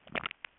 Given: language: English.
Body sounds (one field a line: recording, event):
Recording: throat vibration sensor signal played as sound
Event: swallow